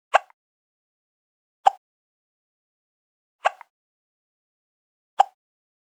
Baby hiccups.